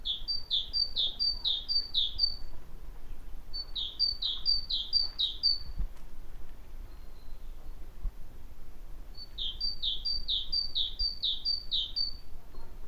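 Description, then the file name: Great tit repeating two-note teacher-like phrases in three strophes of about five phrases each, bright and evenly paced, over a soft low background noise. "Parus major"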